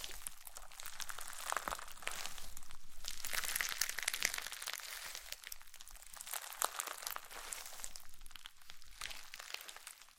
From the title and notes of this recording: ASMR SLIME SATISFYING - NO TALKING.